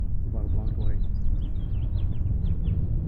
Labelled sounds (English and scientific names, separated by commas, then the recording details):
House Finch (Haemorhous mexicanus) song
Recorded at Woodmere on Long Island, New York, on 11 June 1975
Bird E